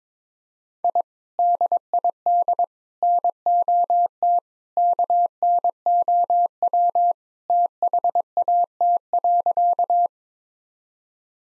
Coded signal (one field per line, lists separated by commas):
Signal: Morse code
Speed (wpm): 22 wpm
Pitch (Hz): 700 Hz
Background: none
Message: I DID NOT KNOW THAT.